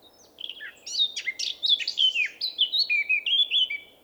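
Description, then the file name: Eurasian blackcap song, a brief scratchy chatter opening into loud, clear, fluty whistled phrases that step downward in a repeated sequence before fading. "Sylvia atricapilla"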